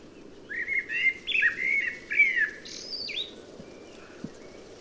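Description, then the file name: Common blackbird song: a run of rich, mellow fluted notes rising and falling, closing with a thin, higher-pitched squeaky twitter; steady faint background hiss. "Turdus merula"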